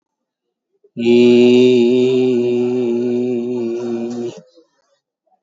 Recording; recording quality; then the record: sustained vowel as in beet; excellent, no background noise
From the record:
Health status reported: recovered from COVID-19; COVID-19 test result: positive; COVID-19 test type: RT-PCR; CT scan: taken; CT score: 12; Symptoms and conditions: none ticked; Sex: male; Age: 38 years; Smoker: no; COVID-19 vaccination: none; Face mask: not worn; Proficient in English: yes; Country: India